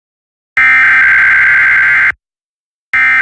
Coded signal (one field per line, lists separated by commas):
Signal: Emergency Alert System (SAME) tones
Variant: header bursts